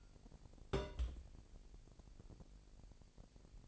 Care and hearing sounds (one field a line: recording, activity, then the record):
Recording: daily activity, microphone in the room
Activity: place on stove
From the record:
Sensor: 5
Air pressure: 1002.1 hPa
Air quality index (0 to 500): 248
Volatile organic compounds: 9 ppm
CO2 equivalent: 2157 ppm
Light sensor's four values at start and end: 20/44/19/21 and 20/44/19/21